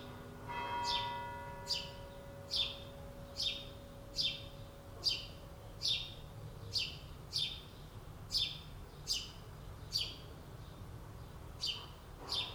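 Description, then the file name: House sparrow chirps repeated regularly throughout, each note sliding down sharply; a steady mechanical hum sounds during the first seconds. "Passer domesticus"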